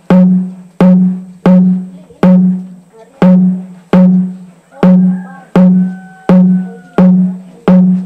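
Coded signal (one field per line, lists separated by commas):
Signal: drum signal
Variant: Garamut slit drum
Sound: deep hollow wooden drum strokes, about 12, evenly spaced, each ringing then fading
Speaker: And what I'm going to be playing you now is just calling women who are probably out somewhere in the gardens.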